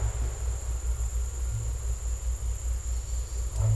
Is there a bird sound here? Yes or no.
no